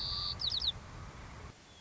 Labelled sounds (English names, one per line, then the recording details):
White-crowned Sparrow
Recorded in Sonoma County, California